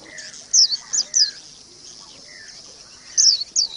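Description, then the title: Oriental magpie-robin singing short, piercing high chirps in small clusters, separated by softer, lower slurred whistles. "Kicau Kacer"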